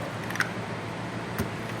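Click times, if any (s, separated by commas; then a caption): 0.4 s. A plastic bolt cap cover is pressed onto a toilet's floor-bolt base after the bowl has been set. Over a steady low hum, a few quick ticks lead into a sharp little snap at 0.4 s, with a softer knock near 1.4 s. The cap snaps on and is seated.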